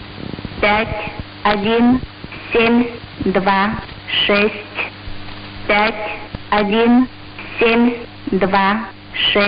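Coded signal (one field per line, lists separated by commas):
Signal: numbers station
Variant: S06s, Russian female voice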